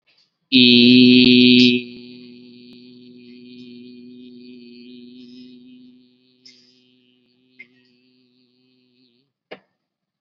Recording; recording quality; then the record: sustained vowel as in beet; excellent, no background noise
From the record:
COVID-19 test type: RT-PCR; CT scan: not taken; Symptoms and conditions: diabetes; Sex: male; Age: 49 years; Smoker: no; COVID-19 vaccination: both doses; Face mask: worn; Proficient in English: yes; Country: India